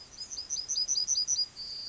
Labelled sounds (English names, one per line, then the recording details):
Yellowhammer song
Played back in grassland
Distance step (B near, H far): E
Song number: 106